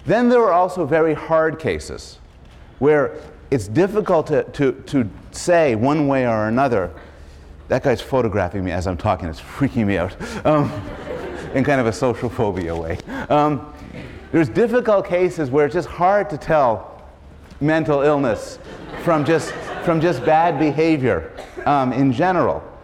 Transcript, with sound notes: Then there are also very hard cases where it's difficult to say one way or another — that guy's photographing me as I'm talking and it's freaking me out [laughs] [laughter] in kind of a social phobia way. There's difficult cases where it's just hard to tell mental illness from just [laughter as Professor Bloom waves goodbye to the photographer] bad behavior in general.